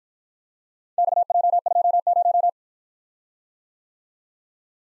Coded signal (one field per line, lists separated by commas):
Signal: Morse code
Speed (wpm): 51 wpm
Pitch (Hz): 700 Hz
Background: none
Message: XJ20